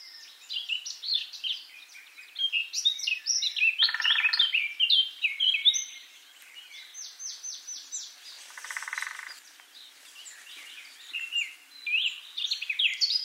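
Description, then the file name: Eurasian blackcap song, a busy stream of high twittering and fluty warbled phrases, broken twice by short harsh, buzzy bursts of lower sound. "Sylvia atricapilla"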